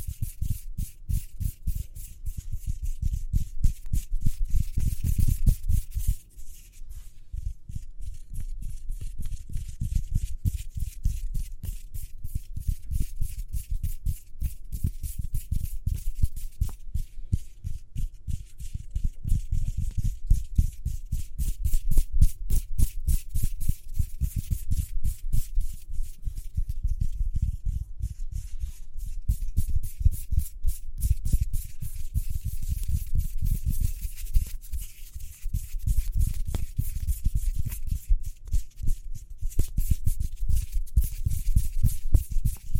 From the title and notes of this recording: ASMR Speedy Hand Sounds (No Talking).